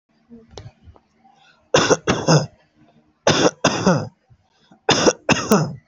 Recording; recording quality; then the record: shallow voluntary cough; excellent, no background noise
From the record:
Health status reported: healthy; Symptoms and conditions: none ticked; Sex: male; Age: 24 years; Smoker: not ticked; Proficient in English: yes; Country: India